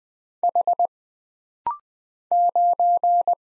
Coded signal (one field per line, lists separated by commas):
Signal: Morse code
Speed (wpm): 20 wpm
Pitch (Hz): 700 Hz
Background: none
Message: H 9